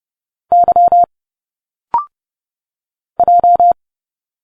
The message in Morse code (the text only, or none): Y J